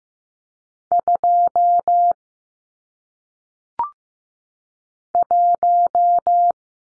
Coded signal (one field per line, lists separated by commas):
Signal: Morse code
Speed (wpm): 15 wpm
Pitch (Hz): 700 Hz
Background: none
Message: 2 1